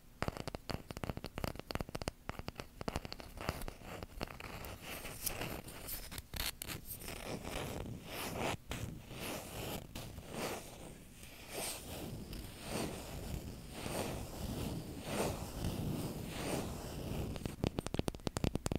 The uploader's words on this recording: ASMR Wooden And Cork Triggers (tapping & scratching).